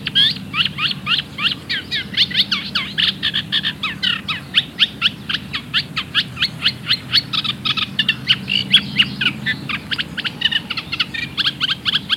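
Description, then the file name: Eurasian reed warbler song, a steady chattering run of short, scratchy notes repeated several times a second, mixing harsh churrs with higher clicks and whistles. "Cannaiola Comune"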